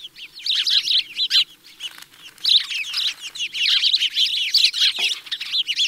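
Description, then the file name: House sparrow chirps, an almost unbroken run of quick bright notes with one brief lull. "Passer domesticus"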